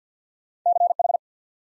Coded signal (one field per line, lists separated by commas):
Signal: Morse code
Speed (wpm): 50 wpm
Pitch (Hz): 700 Hz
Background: none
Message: CH